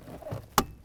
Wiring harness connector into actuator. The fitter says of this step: Press it until that one clicks.